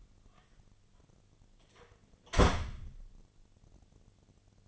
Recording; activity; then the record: daily activity, microphone in the room; close door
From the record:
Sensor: 4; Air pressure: 1008.4 hPa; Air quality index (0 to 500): 174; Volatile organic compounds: 5 ppm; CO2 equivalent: 1740 ppm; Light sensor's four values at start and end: 23/72/27/26 and 25/79/30/29